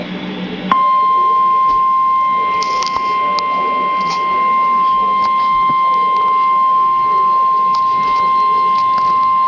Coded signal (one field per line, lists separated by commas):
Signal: Emergency Alert System (SAME) tones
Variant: 1050 Hz attention tone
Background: speech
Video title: EAS Alert #47 - Severe Thunderstorm Warning #15 5/30/13